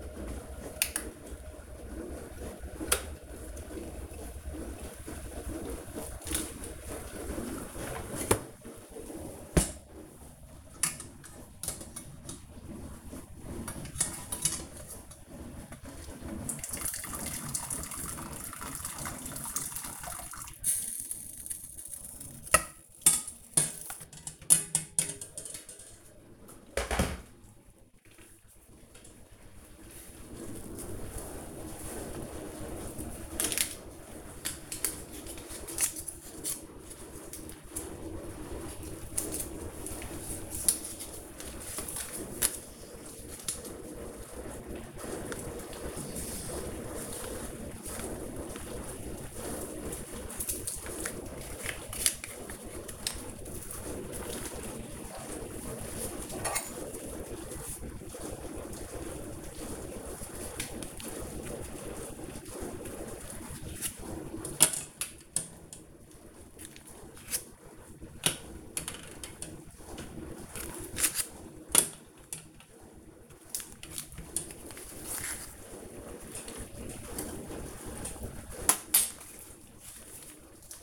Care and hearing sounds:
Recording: household activities, microphone on the right wrist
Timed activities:
0.00-8.45 s: baking
12.46-80.83 s: baking

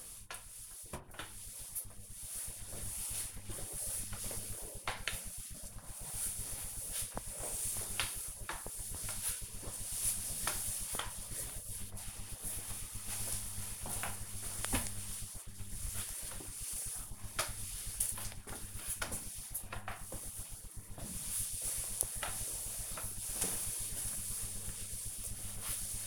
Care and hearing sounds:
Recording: household activities, microphone on the right wrist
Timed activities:
0.00-26.07 s: floor cleaning

